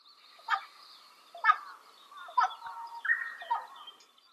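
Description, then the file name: Carrion crow cawing: five harsh, hoarse caws, the first three about a second apart and the last two closer together, the fourth slightly drawn out. Recorded at Mihara on 30 May 2013. "hasiboso 130530 mihara ito"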